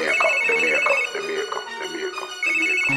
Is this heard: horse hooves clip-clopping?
no